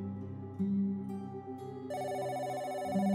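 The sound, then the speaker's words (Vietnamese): A telephone rings with a bright, electronic ringtone of sustained tonal notes that step up in pitch and grow fuller partway through, steady and fairly loud, with no voices. “Bỗng nhiên tiếng chuông điện thoại vang lên, làm cho gã giật cả mình.”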